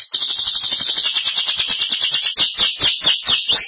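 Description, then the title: Belgian canary song: loud, continuous rapid rolling trills, shifting between buzzy rattles and quicker warbled phrases without a pause. "Canario Belga"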